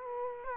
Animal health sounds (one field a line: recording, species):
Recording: mosquito wingbeat signal from an infrared sensor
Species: Culex quinquefasciatus